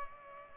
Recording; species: mosquito wingbeat signal from an infrared sensor; Culex pipiens